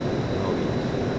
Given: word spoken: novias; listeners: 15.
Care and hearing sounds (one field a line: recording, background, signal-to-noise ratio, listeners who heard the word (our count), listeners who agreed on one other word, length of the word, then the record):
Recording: one Spanish word in noise, from a listening test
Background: speech-shaped noise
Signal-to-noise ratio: -6.1 dB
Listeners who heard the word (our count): 0 of 15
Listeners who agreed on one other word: 8 of 15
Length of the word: 0.79 s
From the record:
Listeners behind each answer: 8, 1, 1, 1, 1, 1, 1, 1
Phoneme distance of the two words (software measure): 7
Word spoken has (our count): 2 syllables, 6 phonemes, stress on syllable 1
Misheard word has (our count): 2 syllables, 5 phonemes, stress on syllable 1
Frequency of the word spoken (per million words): 2.72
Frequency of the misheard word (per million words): 25.93